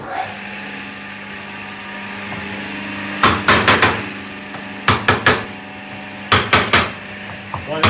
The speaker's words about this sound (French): D'abord, faut tenir ton outil comme ça. Ah, voilà. Oui. Et avec ton marteau, bien en face de la voilà. Tu pars comme ça. Ah oui, oui. Et t'as bien, il vient d'aplomb.